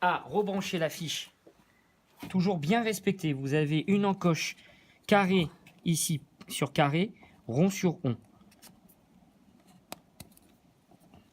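Someone talks while reconnecting the wiring harness plug to a new LED tail light unit on a 911 (997), lining it up by its square and round keying notches. Speech fills most of the clip, followed by a few faint, sharp handling ticks around 9.9, 10.2 and 10.4 seconds. The plug is not yet home, and nothing has seated or clicked by the end of the clip.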